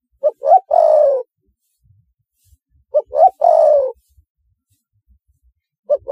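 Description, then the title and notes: Spotted dove cooing: two short rising notes followed by a longer, falling burry coo, the phrase repeated about every three seconds in otherwise quiet surroundings. "Tekukur. Kicau Burung"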